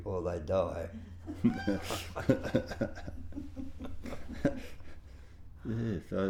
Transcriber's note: laughs